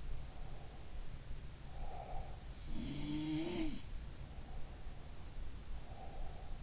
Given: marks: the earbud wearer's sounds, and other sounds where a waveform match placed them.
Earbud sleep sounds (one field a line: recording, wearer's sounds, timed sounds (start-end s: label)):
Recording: sounds in sleep by an in-ear microphone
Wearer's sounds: breath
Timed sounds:
0.17-2.38 s: breath
2.71-3.96 s: sound from someone else or the room
4.34-6.63 s: breath